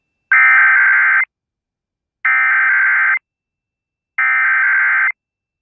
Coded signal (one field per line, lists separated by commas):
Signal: Emergency Alert System (SAME) tones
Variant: header bursts